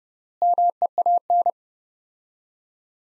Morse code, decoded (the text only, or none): MEAN